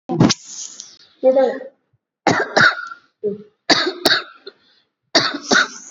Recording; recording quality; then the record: shallow voluntary cough; excellent, no background noise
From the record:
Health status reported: COVID-19 positive, moderate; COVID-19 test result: positive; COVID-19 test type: RT-PCR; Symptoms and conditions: cough, cold, breathing difficulty, fever, fatigue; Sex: female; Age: 57 years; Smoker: no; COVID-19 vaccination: one dose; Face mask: not worn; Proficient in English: yes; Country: India